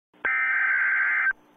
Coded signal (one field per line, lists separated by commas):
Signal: Emergency Alert System (SAME) tones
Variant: header bursts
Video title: EAS Scenario The Innocent REMAKE Part 2